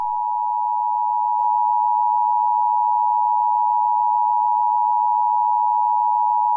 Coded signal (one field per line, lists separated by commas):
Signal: Emergency Alert System (SAME) tones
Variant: 853 and 960 Hz attention tone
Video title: EAS Scenario 5 - Zombie Apocalypse (SUPERCUT)